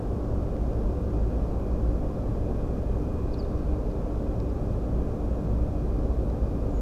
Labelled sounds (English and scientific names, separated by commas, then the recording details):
Eurasian Skylark (Alauda arvensis)
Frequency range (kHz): Eurasian Skylark (Alauda arvensis) 4.1-5.1 kHz
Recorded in France